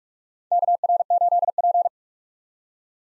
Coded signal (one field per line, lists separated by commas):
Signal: Morse code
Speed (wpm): 43 wpm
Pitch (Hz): 700 Hz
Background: none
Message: KR8P